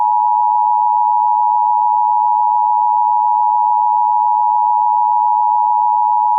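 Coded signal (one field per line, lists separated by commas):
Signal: Emergency Alert System (SAME) tones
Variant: 853 and 960 Hz attention tone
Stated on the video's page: Fictional scenario based on the game Grand Theft Auto San Andreas; contains valid EAS tones.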